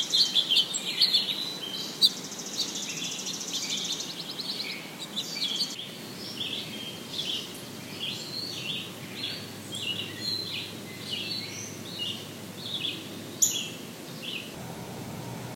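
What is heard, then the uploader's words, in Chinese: Birds call in a forest, with repeated chirps and short bright phrases scattered through the clip, including a sharp trill near the start and a loud call around thirteen seconds. A steady low rustle of wind or background noise runs underneath throughout. 丛林中的鸟叫_美国缅因州肯纳邦克波特。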